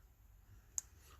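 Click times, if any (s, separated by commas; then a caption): 0.8 s. The male half of a Foliv 2-pin, 16-20 AWG weatherproof plastic wire connector is pushed into its female connector housing. A single crisp, sharp click sounds at 0.8 s over a quiet background. The connector halves snap together and seat securely.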